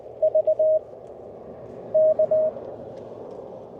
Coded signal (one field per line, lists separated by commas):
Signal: Morse code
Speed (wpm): 21 wpm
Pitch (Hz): 630 Hz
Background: none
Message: VK